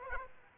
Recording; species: mosquito wingbeat signal from an infrared sensor; Aedes aegypti